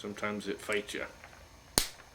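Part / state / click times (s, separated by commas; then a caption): brake pad/spring part into a bicycle disc brake caliper / seated / 1.8 s. During reassembly of a newer BB7 mechanical bicycle disc brake caliper, a brake pad/spring part is pressed in hard until it snaps into the caliper. Someone talks over the first second, then a single sharp, loud snap rings out at 1.8 s, confirming the part is seated.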